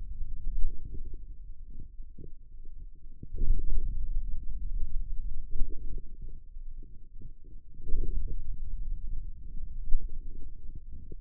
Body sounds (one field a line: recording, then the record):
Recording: forearm muscle sounds (acoustic myography)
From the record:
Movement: pen grasping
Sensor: system 2, bracelet of six BSWA MPA416 microphones around the upper forearm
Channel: 6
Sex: male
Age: 22 years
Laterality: right